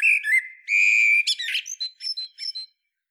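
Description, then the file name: Common blackbird song: a fluted, level whistle around a steady pitch, then a string of short, squeaky high twitters. "Turdus merula"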